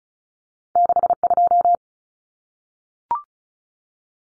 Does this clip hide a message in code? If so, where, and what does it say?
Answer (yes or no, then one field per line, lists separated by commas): yes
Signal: Morse code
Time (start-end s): 0.8-1.8 s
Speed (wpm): 34 wpm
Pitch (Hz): 700 Hz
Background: none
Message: 62